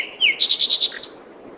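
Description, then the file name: Common nightingale song: a sliding whistled note, then five rapid identical high notes in a steady series, closing with a couple of short sharp notes. "Luscinia megarhynchos"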